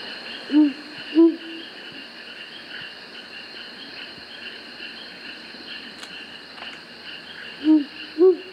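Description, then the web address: Azara's night monkey giving low hoots in two pairs, one pair near the start and another near the end, over a constant insect hum. Recorded in the South American rainforest. "Natures Songs S America Primates of the Rainforest Azara's night monkey"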